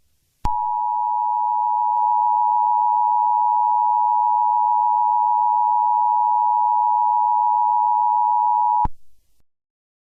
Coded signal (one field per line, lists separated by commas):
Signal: Emergency Alert System (SAME) tones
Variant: 853 and 960 Hz attention tone